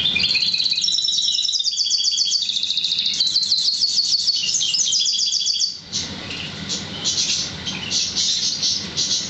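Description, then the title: Oriental magpie-robin singing a sustained fast trill of high repeated notes for about six seconds, then quieter scattered chirps. "Kicau Kacer"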